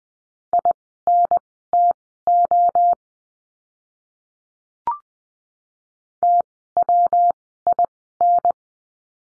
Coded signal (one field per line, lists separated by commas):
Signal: Morse code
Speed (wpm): 20 wpm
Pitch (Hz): 700 Hz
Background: none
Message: INTO TWIN